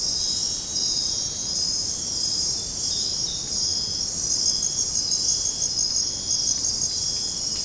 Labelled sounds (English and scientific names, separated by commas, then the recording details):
none
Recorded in dense forest near Puerto Asís, Putumayo, Colombia, on 19 February 2024 at 01:00
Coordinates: 0.503, -76.322
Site G6418